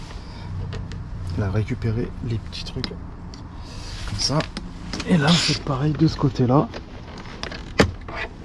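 Someone talks while pulling the second side of a clipped-in plastic trim panel free inside the rear of an Audi A1 8X, during fitting of a reversing camera. Two sharp hits at 7.4 s and 7.8 s are the retaining clips letting go, and the panel comes loose.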